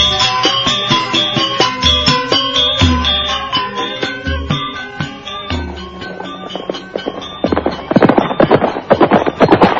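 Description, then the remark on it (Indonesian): Rapid, rhythmic hoofbeats of horses galloping into the dark, thudding steadily and growing denser and louder toward the end, mixed with a tonal musical backdrop, as two riders follow a group of horsemen ahead. “Mereka berkuda mengikuti rombongan orang-orang berkuda di depannya.”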